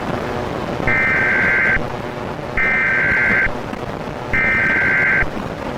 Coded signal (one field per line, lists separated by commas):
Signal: Emergency Alert System (SAME) tones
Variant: header bursts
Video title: EAS Scenario | SCP-173 "The Sculpture" | Alert Containment Breach